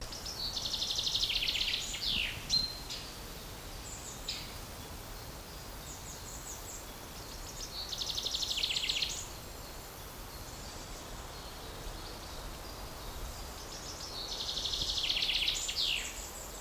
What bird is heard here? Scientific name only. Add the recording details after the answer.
Fringilla coelebs. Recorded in the wild. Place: Mühlenbecker Wald, Brandenburg, DE. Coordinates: 52.69, 13.37. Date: 1992-06-27 12:43. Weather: sonnig, 22-26°C. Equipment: Marantz CP 430, Sennheiser ME 80, Kopie Tesla B 116. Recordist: Tembrock, Günter. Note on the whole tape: Mühlenbecker Wald; Gesang, 1. Strophe mit "pink" am Schluß (3 Strophen), dann Rülschen (längere Strecke)